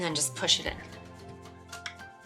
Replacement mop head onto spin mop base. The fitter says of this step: and you'll hear kind of like a little click and there you go you have a new head